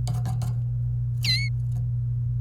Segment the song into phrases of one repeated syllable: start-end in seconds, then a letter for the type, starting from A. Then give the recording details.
1.25-1.49 A. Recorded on 28 April 2018 at 09:55. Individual llb3